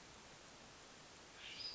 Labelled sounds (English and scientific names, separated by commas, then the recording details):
Western Flycatcher (Empidonax difficilis)
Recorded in Sonoma County, California